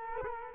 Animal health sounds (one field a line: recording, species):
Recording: mosquito wingbeat signal from an infrared sensor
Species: Culex quinquefasciatus